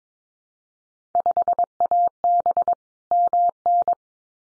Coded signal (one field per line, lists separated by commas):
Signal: Morse code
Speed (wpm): 22 wpm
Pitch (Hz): 700 Hz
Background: none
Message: 5AB MN